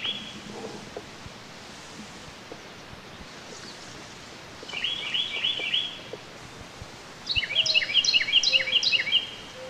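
Carolina wren song: a brief run of rolling phrases, then a louder series of repeated chirping phrases near the end, over soft background hiss.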